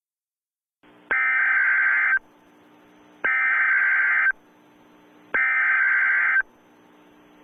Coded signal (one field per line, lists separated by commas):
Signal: Emergency Alert System (SAME) tones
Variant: header bursts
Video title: EAS Mock - Black Sunday Happens Again